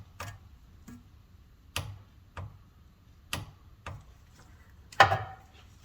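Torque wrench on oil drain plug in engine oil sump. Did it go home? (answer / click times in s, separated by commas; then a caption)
yes / 5.0 s. A torque wrench set to 18 ft-lb is ratcheted on the oil drain plug in the engine oil sump of a Chevrolet Corvair. Repeated ratchet ticks sound through the clip, and at 5.0 seconds the wrench breaks over with a louder click, so the drain plug is torqued to its setting.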